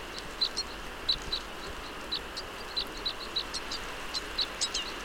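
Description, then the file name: Red crossbill giving short sharp flight calls, single and occasionally paired, about every half second, over a constant broad hiss and low rumble. Flight calls of a Type E red crossbill. "Red Crossbill Type E - FCs"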